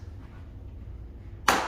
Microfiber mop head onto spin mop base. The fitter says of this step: like so, and then it just snaps into place.